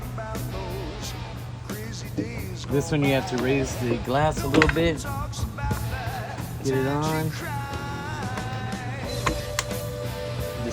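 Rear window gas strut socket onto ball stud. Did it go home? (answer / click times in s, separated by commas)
yes / 9.3 s, 9.6 s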